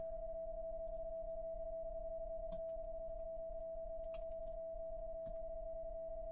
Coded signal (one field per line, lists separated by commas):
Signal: PSK31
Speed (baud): 31.25 baud